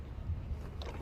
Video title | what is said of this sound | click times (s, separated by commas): Whats in the Box! RHD Mazda Rx7 Fd | we'll push it in and we'll make a quick snap sound. | 0.8 s